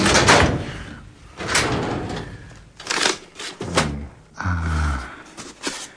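A file drawer slides open in a hotel cellar in a few rough, scraping pulls, with a low grinding rumble and a brief squeaky, tonal rasp near the end. No one speaks.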